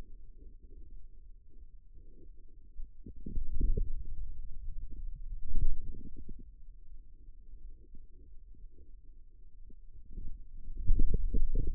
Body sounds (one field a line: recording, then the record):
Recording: forearm muscle sounds (acoustic myography)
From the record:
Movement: pen grasping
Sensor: system 2, bracelet of six BSWA MPA416 microphones around the upper forearm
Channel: 6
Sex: male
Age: 22 years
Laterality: right